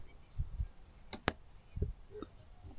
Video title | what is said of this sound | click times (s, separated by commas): Swift Basecamp 2 - MADNESS at the FARM | you'll hear a click | 1.3 s